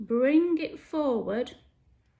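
Someone talks while the bobbin thread is drawn forward through the gap in the metal bobbin case toward the notch under the tension spring. The voice fills most of the clip and then fades to near silence. The thread has not yet clicked into the notch, so nothing has seated.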